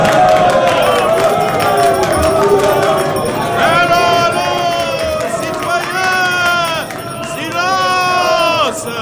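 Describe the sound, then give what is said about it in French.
A large crowd of citizens in France shouts and cheers in unison, voting by acclamation for a provisional government, many overlapping voices loud and continuous, with surging rising calls swelling every couple of seconds. “Citoyens, messieurs, nous allons voter par acclamation pour désigner le gouvernement provisoire que vous réclamez et que la France attend.”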